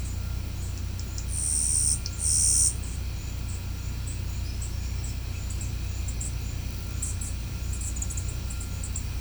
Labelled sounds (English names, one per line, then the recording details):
none
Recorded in pastures near Puerto Asís, Putumayo, Colombia, on 15 December 2024 at 11:00
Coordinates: 0.505, -76.324
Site G063